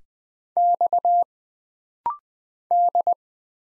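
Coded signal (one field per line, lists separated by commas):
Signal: Morse code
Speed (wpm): 20 wpm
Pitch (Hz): 700 Hz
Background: none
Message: X D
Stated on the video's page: Morse practice at 20 wpm: rapid-fire single letters, numbers, punctuation and prosigns, each sent twice for instant character recognition drill.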